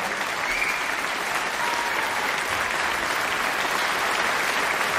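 Sustained applause from an audience after a live jazz performance by a piano trio with trumpet, broadcast on Polish Radio Trójka, a dense, steady wash of clapping that stays loud and even throughout, with no voices rising above it.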